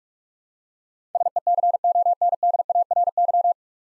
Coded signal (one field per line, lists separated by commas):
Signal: Morse code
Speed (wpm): 46 wpm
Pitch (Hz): 700 Hz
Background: none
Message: SECONDARY